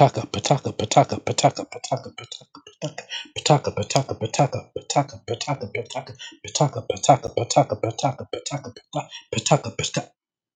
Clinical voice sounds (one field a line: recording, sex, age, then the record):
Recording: repeated syllables /pa ta ka/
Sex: male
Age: 40 to 49 years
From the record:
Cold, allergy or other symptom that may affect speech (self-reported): no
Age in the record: 41 years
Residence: Texas, United States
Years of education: 16